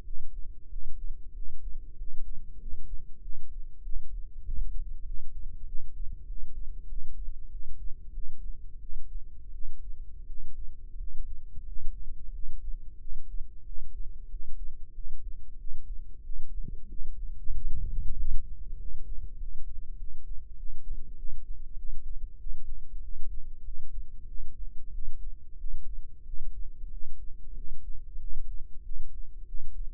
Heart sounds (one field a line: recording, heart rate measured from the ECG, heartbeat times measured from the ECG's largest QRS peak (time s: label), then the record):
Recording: heart sounds by microphone in the left ear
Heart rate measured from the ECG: 94 bpm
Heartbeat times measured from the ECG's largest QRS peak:
0.02 s: heartbeat
0.67 s: heartbeat
1.32 s: heartbeat
1.95 s: heartbeat
2.57 s: heartbeat
3.20 s: heartbeat
3.81 s: heartbeat
4.43 s: heartbeat
5.04 s: heartbeat
5.64 s: heartbeat
6.25 s: heartbeat
6.86 s: heartbeat
7.48 s: heartbeat
8.12 s: heartbeat
8.78 s: heartbeat
9.51 s: heartbeat
10.25 s: heartbeat
10.96 s: heartbeat
11.64 s: heartbeat
12.31 s: heartbeat
12.97 s: heartbeat
13.63 s: heartbeat
14.28 s: heartbeat
14.92 s: heartbeat
15.57 s: heartbeat
16.22 s: heartbeat
16.87 s: heartbeat
17.52 s: heartbeat
18.15 s: heartbeat
18.77 s: heartbeat
19.36 s: heartbeat
19.96 s: heartbeat
20.55 s: heartbeat
21.15 s: heartbeat
21.75 s: heartbeat
22.37 s: heartbeat
22.99 s: heartbeat
23.62 s: heartbeat
24.25 s: heartbeat
24.90 s: heartbeat
25.56 s: heartbeat
26.24 s: heartbeat
26.89 s: heartbeat
27.53 s: heartbeat
28.18 s: heartbeat
28.82 s: heartbeat
29.45 s: heartbeat
From the record:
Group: healthy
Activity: rest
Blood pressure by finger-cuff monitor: 101/68 mmHg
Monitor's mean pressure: 78 mmHg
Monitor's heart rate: 94 bpm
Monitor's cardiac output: 7.6 L/min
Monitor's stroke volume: 81 mL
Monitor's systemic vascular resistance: 750 dyn s/cm5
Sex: male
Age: 19 years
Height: 178 cm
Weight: 83 kg